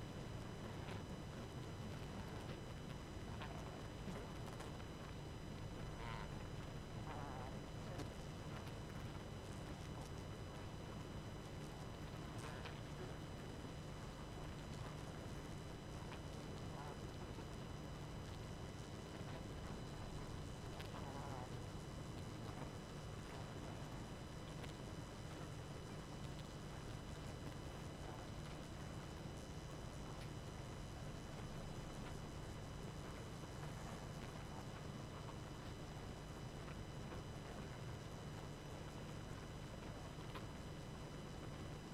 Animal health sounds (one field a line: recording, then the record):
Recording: honeybee colony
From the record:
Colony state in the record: active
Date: 12 June 2018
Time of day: 22:41